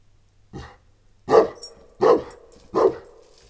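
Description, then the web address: Dog (St. Bernard and Moscow Watchdog mix): dog barks, four deep, hoarse woofs spaced roughly three-quarters of a second apart, the first softer and the rest loud. St. Bernard and Moscow Watchdog mix dog in a farmyard at the Eger tourist lodge. "parasztudvar kutya bernathegyimoszkvaiorkutyakeverek egerturistahaz"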